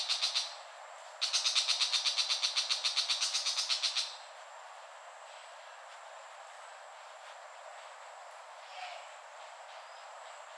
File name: Lanius tigrinus call